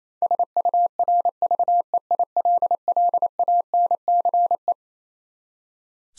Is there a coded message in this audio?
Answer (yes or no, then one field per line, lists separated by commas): yes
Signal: Morse code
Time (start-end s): 0.2-4.7 s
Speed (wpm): 27 wpm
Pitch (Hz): 700 Hz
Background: none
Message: SURVEILLANCE